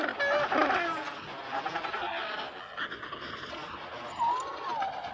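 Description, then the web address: Penguin calls, wavering harmonic cries that bend up and down, with quieter colony chatter between them. Large penguin colony recorded indoors as ambience. "bird penguin large penguin colony indoor ambience"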